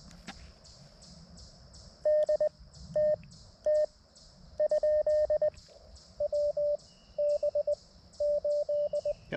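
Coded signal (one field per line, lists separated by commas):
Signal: Morse code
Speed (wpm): 21 wpm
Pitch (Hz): 610 Hz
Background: radio noise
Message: DTT ? WB8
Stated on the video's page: CW POTA activation at a rare park using an MTR-4B with Wolf River Coils Sporty Forty coil, 213-inch whip on tripod with radials; short activation, iffy weather.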